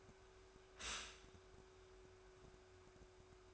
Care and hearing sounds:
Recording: daily activity, microphone in the room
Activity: stop toaster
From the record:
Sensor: 2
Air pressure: 1014.6 hPa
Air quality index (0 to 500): 203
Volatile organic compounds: 23 ppm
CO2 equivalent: 2790 ppm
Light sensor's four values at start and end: 3/9/3/3 and 3/9/3/3

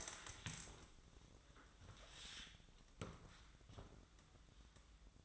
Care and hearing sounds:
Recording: daily activity, microphone in the room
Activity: stand up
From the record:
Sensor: 3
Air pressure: 1005.0 hPa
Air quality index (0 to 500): 83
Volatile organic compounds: 2 ppm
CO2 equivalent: 1278 ppm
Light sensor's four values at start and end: 9/21/9/8 and 6/13/6/6

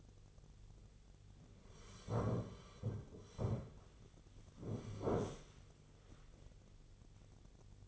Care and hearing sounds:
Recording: daily activity, microphone in the room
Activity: sit down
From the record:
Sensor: 4

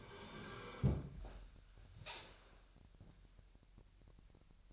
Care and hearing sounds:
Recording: daily activity, microphone in the room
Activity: sit down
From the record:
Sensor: 2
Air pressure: 1001.8 hPa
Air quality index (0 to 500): 236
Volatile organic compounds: 67 ppm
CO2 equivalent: 3486 ppm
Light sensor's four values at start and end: 6/15/6/7 and 8/19/8/8

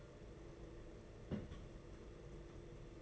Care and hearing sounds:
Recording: daily activity, microphone in the room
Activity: place on stove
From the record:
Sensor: 4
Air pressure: 992.8 hPa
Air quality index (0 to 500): 175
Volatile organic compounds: 330 ppm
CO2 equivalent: 4545 ppm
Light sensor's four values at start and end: 4/10/4/4 and 4/10/4/4

